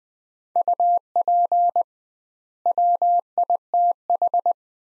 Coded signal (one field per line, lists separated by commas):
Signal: Morse code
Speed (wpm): 20 wpm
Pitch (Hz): 700 Hz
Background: none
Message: UP WITH